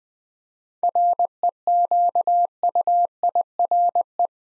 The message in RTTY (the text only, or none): none